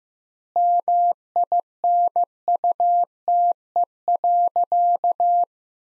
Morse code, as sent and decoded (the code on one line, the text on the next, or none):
-- .. -. ..- - . .-.-.-
MINUTE.